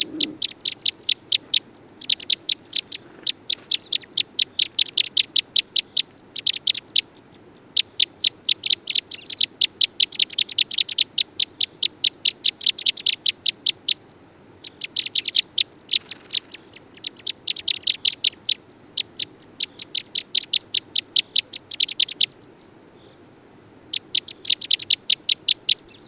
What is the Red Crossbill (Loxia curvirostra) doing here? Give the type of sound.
call